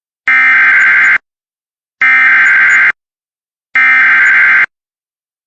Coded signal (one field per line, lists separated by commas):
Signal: Emergency Alert System (SAME) tones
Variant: header bursts